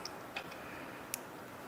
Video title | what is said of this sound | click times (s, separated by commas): ⚡ Installed the Solaire LED Trim… and It’s Awesome!⚡ | Push it in, listen for that click. | 1.1 s